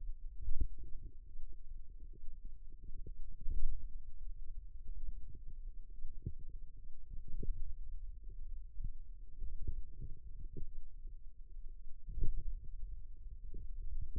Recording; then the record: forearm muscle sounds (acoustic myography)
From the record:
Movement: pen grasping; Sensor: system 2, bracelet of six BSWA MPA416 microphones around the upper forearm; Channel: 6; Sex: female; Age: 22 years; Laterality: right